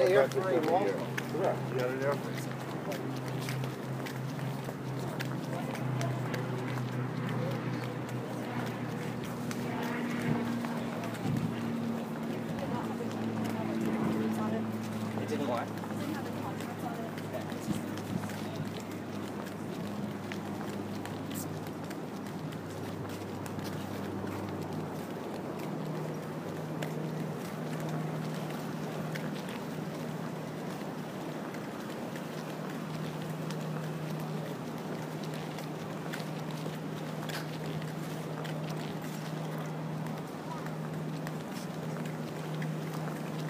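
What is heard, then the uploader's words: A walk along an elevated city park, with people's voices talking over a steady low rumble of traffic and engines. The hum of the vehicles shifts in pitch now and then, and light footsteps and scattered outdoor city sounds continue throughout. The sound of a walk on The High Line in New York City at High Line Park by David Noël.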